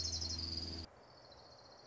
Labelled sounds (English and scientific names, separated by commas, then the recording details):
Orange-crowned Warbler (Leiothlypis celata)
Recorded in Sonoma County, California